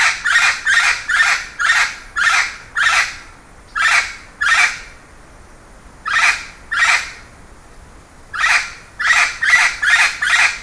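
Bird giving bursts of harsh, rasping calls, fast runs broken by pauses of a second or more, then a final quick run.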